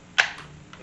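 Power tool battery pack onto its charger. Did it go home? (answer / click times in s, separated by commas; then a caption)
yes / 0.2 s. A plastic power tool battery pack slides along rails onto its charger and latches with a sharp, loud click at 0.2 s, followed by a fainter tick at 0.7 s. The pack is seated in the charger.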